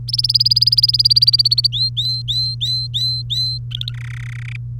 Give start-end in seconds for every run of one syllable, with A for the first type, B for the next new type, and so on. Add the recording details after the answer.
0.08-1.67 A, 1.72-3.58 B, 3.71-3.92 C, 3.94-4.56 D. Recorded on 3 May 2018 at 11:10. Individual llb3